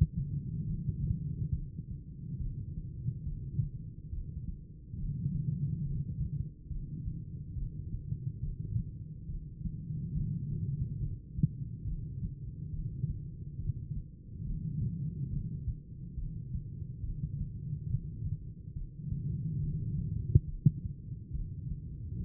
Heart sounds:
heart sounds by stethoscope; 70 bpm
0.64 s: heartbeat
1.50 s: heartbeat
2.36 s: heartbeat
3.23 s: heartbeat
4.09 s: heartbeat
4.95 s: heartbeat
5.81 s: heartbeat
6.67 s: heartbeat
7.53 s: heartbeat
8.39 s: heartbeat
9.25 s: heartbeat
10.11 s: heartbeat
10.97 s: heartbeat
11.83 s: heartbeat
12.69 s: heartbeat
13.55 s: heartbeat
14.41 s: heartbeat
15.28 s: heartbeat
16.13 s: heartbeat
17.00 s: heartbeat
17.86 s: heartbeat
18.72 s: heartbeat
19.58 s: heartbeat
20.44 s: heartbeat
21.30 s: heartbeat
22.16 s: heartbeat
From the record:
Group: heart failure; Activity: rest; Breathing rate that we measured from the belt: 13 breaths a minute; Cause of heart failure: idiopathic cardiomyopathy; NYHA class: 2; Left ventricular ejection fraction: 51%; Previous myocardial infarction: absent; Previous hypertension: present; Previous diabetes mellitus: absent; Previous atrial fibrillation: absent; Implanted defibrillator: present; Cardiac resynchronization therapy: absent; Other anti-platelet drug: absent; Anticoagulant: apixaban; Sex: female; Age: 61 years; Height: 163 cm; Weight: 111 kg

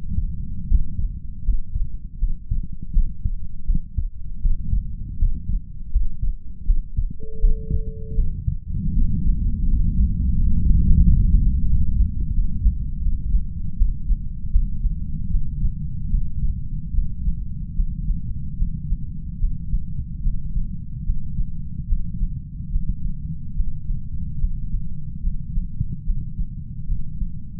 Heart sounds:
heart sounds by stethoscope; 78 bpm
0.66 s: heartbeat
1.43 s: heartbeat
2.17 s: heartbeat
2.91 s: heartbeat
3.64 s: heartbeat
4.40 s: heartbeat
5.16 s: heartbeat
5.90 s: heartbeat
6.64 s: heartbeat
7.39 s: heartbeat
8.14 s: heartbeat
8.91 s: heartbeat
9.66 s: heartbeat
10.35 s: heartbeat
11.00 s: heartbeat
11.66 s: heartbeat
12.30 s: heartbeat
12.99 s: heartbeat
13.74 s: heartbeat
14.48 s: heartbeat
15.27 s: heartbeat
16.07 s: heartbeat
16.91 s: heartbeat
17.72 s: heartbeat
18.54 s: heartbeat
19.36 s: heartbeat
20.19 s: heartbeat
21.02 s: heartbeat
21.85 s: heartbeat
22.68 s: heartbeat
23.52 s: heartbeat
24.36 s: heartbeat
25.19 s: heartbeat
26.02 s: heartbeat
26.84 s: heartbeat
From the record:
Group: healthy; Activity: rest 0-7 s, breath hold 7-28 s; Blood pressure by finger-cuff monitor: 105/63 mmHg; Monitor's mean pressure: 80 mmHg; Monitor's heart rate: 78 bpm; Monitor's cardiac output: 6.5 L/min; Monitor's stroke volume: 85 mL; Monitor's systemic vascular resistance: 880 dyn s/cm5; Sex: female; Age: 26 years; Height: 165 cm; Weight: 55 kg

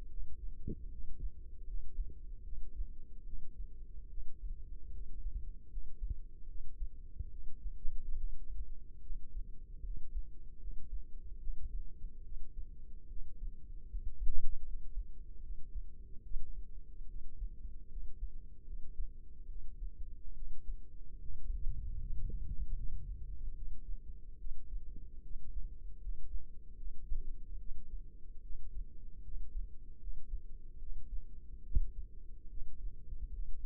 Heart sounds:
heart sounds by microphone in the left ear; 74 bpm
0.08 s: heartbeat
0.89 s: heartbeat
1.65 s: heartbeat
2.43 s: heartbeat
3.24 s: heartbeat
4.08 s: heartbeat
4.91 s: heartbeat
5.68 s: heartbeat
6.46 s: heartbeat
7.30 s: heartbeat
8.15 s: heartbeat
9.01 s: heartbeat
9.82 s: heartbeat
10.58 s: heartbeat
11.39 s: heartbeat
12.23 s: heartbeat
13.07 s: heartbeat
13.87 s: heartbeat
14.63 s: heartbeat
15.40 s: heartbeat
16.22 s: heartbeat
17.06 s: heartbeat
17.87 s: heartbeat
18.64 s: heartbeat
19.47 s: heartbeat
20.33 s: heartbeat
21.19 s: heartbeat
21.97 s: heartbeat
22.74 s: heartbeat
23.54 s: heartbeat
24.38 s: heartbeat
25.21 s: heartbeat
25.99 s: heartbeat
26.76 s: heartbeat
27.57 s: heartbeat
28.41 s: heartbeat
29.22 s: heartbeat
29.98 s: heartbeat
30.78 s: heartbeat
31.62 s: heartbeat
32.48 s: heartbeat
33.30 s: heartbeat
From the record:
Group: healthy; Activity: rest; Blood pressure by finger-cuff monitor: 107/56 mmHg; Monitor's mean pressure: 72 mmHg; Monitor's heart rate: 73 bpm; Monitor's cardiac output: 7 L/min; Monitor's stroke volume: 95 mL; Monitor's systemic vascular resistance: 740 dyn s/cm5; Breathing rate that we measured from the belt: 15 breaths a minute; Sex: female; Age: 22 years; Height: 160 cm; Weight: 63 kg

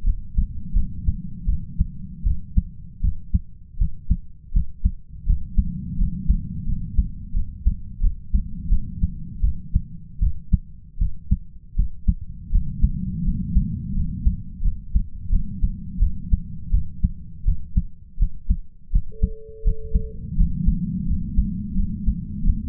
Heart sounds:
heart sounds by stethoscope; 83 bpm
0.04 s: heartbeat
0.74 s: heartbeat
1.46 s: heartbeat
2.24 s: heartbeat
3.01 s: heartbeat
3.78 s: heartbeat
4.53 s: heartbeat
5.26 s: heartbeat
5.98 s: heartbeat
6.66 s: heartbeat
7.34 s: heartbeat
8.01 s: heartbeat
8.69 s: heartbeat
9.41 s: heartbeat
10.20 s: heartbeat
10.99 s: heartbeat
11.76 s: heartbeat
12.51 s: heartbeat
13.24 s: heartbeat
13.94 s: heartbeat
14.62 s: heartbeat
15.30 s: heartbeat
15.99 s: heartbeat
16.71 s: heartbeat
17.45 s: heartbeat
18.18 s: heartbeat
18.92 s: heartbeat
19.64 s: heartbeat
20.36 s: heartbeat
21.07 s: heartbeat
21.76 s: heartbeat
22.43 s: heartbeat
From the record:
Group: healthy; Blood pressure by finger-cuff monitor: 115/66 mmHg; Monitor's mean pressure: 81 mmHg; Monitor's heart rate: 84 bpm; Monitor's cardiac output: 8.1 L/min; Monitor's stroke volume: 97 mL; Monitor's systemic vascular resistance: 720 dyn s/cm5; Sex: male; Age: 33 years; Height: 179 cm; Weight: 80.4 kg

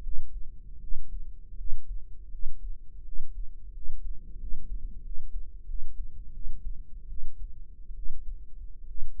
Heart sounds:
heart sounds by microphone in the right ear; 81 bpm
0.02 s: heartbeat
0.79 s: heartbeat
1.56 s: heartbeat
2.30 s: heartbeat
3.04 s: heartbeat
3.73 s: heartbeat
4.39 s: heartbeat
5.03 s: heartbeat
5.67 s: heartbeat
6.33 s: heartbeat
7.08 s: heartbeat
7.95 s: heartbeat
8.87 s: heartbeat
From the record:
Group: healthy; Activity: rest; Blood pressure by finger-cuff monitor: 127/69 mmHg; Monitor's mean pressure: 81 mmHg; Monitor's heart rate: 81 bpm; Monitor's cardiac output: 8.3 L/min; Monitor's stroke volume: 103 mL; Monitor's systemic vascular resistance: 700 dyn s/cm5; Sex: male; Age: 23 years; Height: 179 cm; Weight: 87 kg

